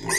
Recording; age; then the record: pig call; weaner (32 to 43 days)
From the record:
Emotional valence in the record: negative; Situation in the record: long isolation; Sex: female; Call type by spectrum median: high-frequency call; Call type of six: high-frequency stable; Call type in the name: high-frequency stable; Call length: 0.19 s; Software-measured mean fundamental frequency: 214 Hz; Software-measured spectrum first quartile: 1307 Hz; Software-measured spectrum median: 3465 Hz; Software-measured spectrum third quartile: 7497 Hz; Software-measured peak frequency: 1916 Hz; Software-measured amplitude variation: 105 dB a second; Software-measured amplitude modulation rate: 13.1 a second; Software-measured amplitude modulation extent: 8.0 dB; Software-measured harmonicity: 2.5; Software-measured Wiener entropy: -2.64